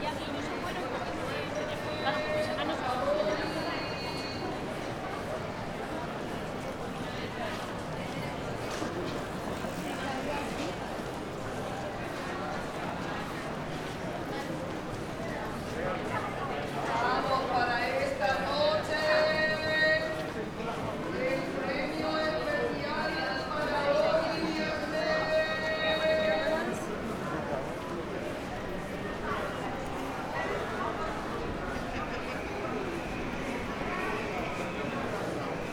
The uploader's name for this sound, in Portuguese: Pequeno percurso na Puerta del Sol